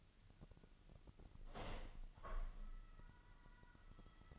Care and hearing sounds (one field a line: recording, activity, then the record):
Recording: daily activity, microphone in the room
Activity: open window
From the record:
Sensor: 4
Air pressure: 1005.6 hPa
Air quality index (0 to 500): 93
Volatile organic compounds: 2 ppm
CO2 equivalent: 1150 ppm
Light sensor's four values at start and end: 13/29/11/11 and 13/29/11/11